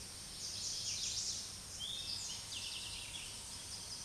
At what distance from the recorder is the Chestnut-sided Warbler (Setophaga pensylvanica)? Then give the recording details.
about 35 m. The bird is about level with the microphone. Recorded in a Pennsylvania forest on 16 May 2024 at 06:41. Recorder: AudioMoth, point MSD-2083. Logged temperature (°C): 16.7 °C. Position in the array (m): 111 m, 4 m